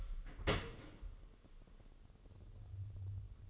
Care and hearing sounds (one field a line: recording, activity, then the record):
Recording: daily activity, microphone in the room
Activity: open dishwasher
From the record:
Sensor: 4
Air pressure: 1015.8 hPa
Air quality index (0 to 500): 90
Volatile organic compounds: 2 ppm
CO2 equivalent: 1000 ppm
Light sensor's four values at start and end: 9/19/7/7 and 9/19/7/7